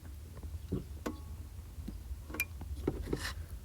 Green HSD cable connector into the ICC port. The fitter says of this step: and connect this one to the ICC and listen for this sound when it connects properly, you'll hear that click sound.